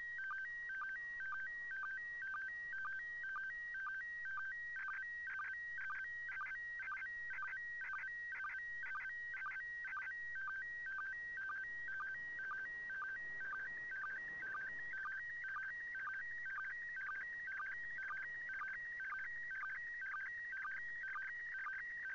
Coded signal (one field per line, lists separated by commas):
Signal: SSTV (slow-scan television)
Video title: ISS Pass SSTV Oct 28 2018